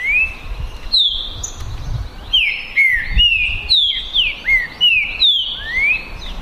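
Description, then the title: Green-winged saltator delivering a series of slurred whistles, mostly falling with some rising, over faint low noise. Birds in a song contest, 2022 season, singing and showing male competitive behaviour; contestants named Naval and Demolidor. "DISPUTA DE TRINCA FERRO PERFEITA!! NAVAL VS DEMOLIDOR 2022! TEMPORADA 2022!"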